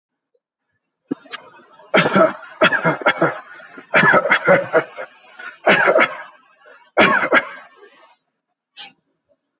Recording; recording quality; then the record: heavy voluntary cough; excellent, no background noise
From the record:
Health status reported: healthy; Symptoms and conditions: none ticked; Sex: male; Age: 52 years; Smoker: not ticked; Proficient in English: no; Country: India